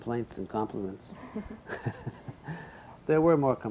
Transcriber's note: laughing